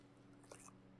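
A solid silicone lid is pressed onto the base of a resin dice mold. A soft suction squish is heard at 0.4 s as the lid seals shut and seats on the mold.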